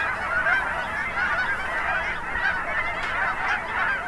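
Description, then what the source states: Goose: geese honking continuously, a thick wall of overlapping nasal calls from a big flock, with brief swells in volume. Geese recorded at Finley National Wildlife Refuge, Oregon.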